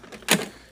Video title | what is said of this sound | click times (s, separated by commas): Ryobi cordless mower new product demo and mower "comparison" | clicks back into place like that it's lucky that it actually | 0.3 s